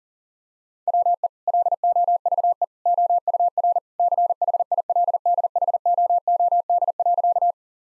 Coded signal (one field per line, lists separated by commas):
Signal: Morse code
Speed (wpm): 40 wpm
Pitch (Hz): 700 Hz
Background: none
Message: WE LOVE OUR CHILDHOOD.